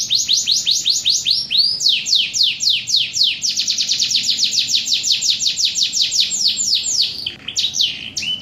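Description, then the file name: Domestic canary delivering long series of repeated downslurred whistles, changing speed and pitch between phrases, with a few lower upward-curving notes near the end. Standard canary, song in the kapal oleng style. "kenari standar kapal oleng modifikasi jeda 1 menit"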